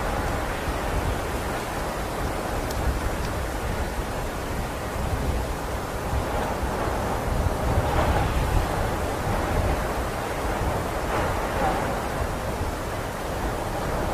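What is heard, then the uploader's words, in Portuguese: Wind from an approaching sandstorm roars steadily, a dense rushing noise with a strong low rumble. The level stays nearly constant, with faint gusty swells around the eighth and eleventh seconds and a soft hiss riding over the top. Som de Tempestade de Areia. Som dos ventos de uma tempestade de areia que chega.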